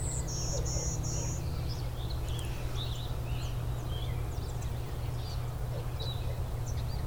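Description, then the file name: Golden-winged warbler buzzy song at the start, one high buzz then three lower drawn-out buzzes, with scattered chirps from other birds and a constant low hum behind. Allegany, Maryland, USA, 30 May 2010. "Golden-winged Warbler allegany md"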